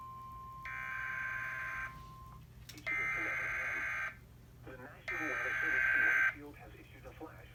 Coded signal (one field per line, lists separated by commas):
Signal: Emergency Alert System (SAME) tones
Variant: header bursts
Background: speech